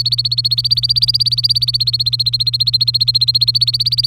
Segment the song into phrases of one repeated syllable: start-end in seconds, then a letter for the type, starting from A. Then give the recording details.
0.00-4.07 A. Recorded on 3 May 2018 at 14:01. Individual llb3